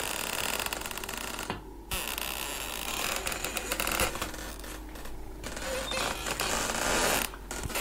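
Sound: creaking door hinge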